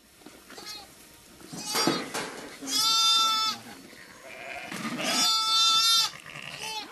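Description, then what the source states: Sheep bleating: two long bleats, about a second each. A lamb with its mother.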